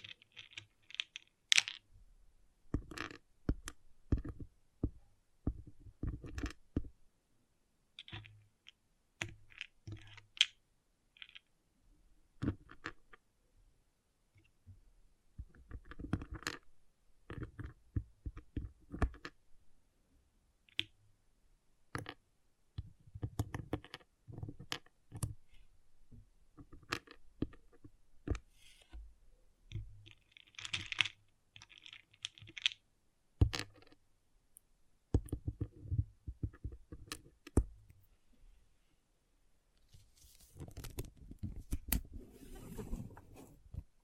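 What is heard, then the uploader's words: Pixel art beads being handled, with sharp clicks and rattles arriving in uneven bursts and clusters across the whole span. Brief quiet gaps separate the busier stretches, and a denser, scraping, pouring passage builds near the end, around forty seconds. ASMR Relaxing Pixel Art Beads ( No Talking).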